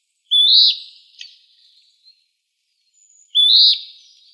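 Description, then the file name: Western wood-pewee giving two burry rising calls about three seconds apart, each a buzzy upslurred note with a fading tail, and a brief tick between. Recorded in Arizona; date given as 27 July 2006. "WEWP 5 A deviche"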